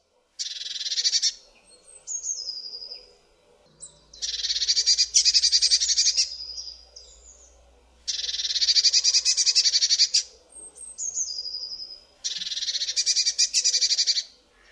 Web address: kurspttk Kurs materiały Przyroda Ptaki MODRASZKA